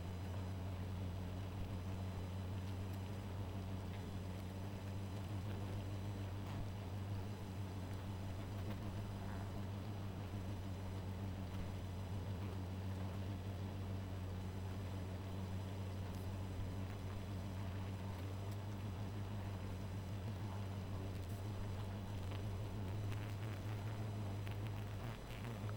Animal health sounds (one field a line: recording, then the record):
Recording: honeybee colony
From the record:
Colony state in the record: missing queen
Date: 14 July 2017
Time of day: 1:31